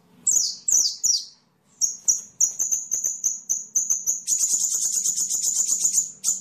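Bird song: a few high, sharp descending chirps, a run of rapid repeated notes, then a dense buzzy trill for about the last two seconds.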